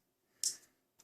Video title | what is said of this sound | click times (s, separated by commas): XING SHEN Fire Phoenix Blaster Unbox & Review ( aka Valkyrie ) | there's a knife satisfying click | 0.4 s